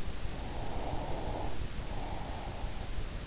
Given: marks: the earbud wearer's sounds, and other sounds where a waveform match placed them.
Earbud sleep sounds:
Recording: sounds in sleep by an in-ear microphone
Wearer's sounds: breath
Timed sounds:
0.11-3.01 s: breath

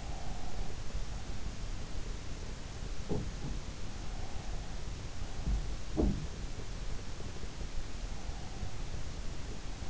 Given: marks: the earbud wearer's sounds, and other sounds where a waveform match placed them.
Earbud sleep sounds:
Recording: sounds in sleep by an in-ear microphone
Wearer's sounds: breath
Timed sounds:
0.00-0.93 s: breath
2.87-4.10 s: sound from someone else or the room
5.20-6.89 s: sound from someone else or the room

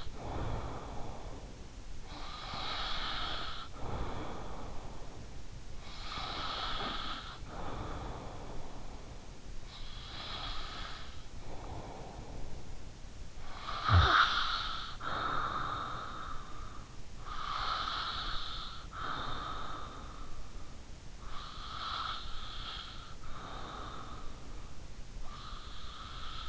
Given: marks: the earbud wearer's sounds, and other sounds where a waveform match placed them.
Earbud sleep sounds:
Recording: sounds in sleep by an in-ear microphone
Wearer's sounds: breath, snoring breath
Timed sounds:
0.00-13.49 s: breath
13.49-16.99 s: snoring breath
16.99-26.49 s: breath

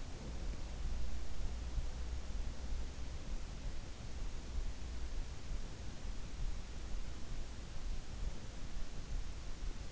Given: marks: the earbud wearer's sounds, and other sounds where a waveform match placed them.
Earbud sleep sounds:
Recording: sounds in sleep by an in-ear microphone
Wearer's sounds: breath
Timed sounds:
0.00-1.24 s: breath

